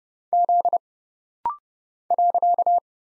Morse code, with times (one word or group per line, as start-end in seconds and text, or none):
0.3-0.8 Z
2.1-2.8 .